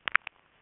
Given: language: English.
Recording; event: throat vibration sensor signal played as sound; swallow